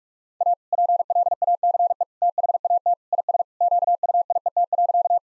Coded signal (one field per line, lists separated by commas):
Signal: Morse code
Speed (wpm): 46 wpm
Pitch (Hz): 700 Hz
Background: none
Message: A PLACE THAT IS QUIET.